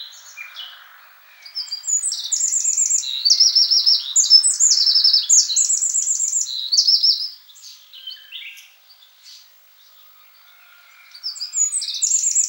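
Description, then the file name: Eurasian wren delivering a long, explosive burst of high rattling trills and ringing notes, a pause of a few seconds, then the song starting up again. "Troglodytes troglodytes"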